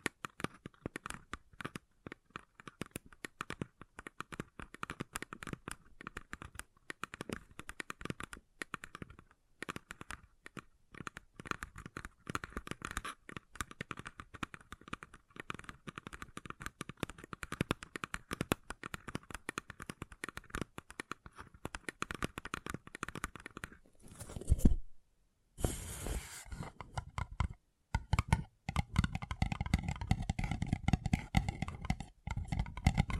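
Paper cup tingles: dense, fast crinkling and scratching taps throughout, with a brief silence near 25 seconds, then heavier, louder rustling afterward.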